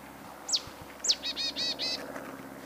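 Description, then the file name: Marsh tit call: two bright, sharp downslurred notes and then four nasal, buzzy notes in quick even succession, against soft background hiss. "Poecile palustris"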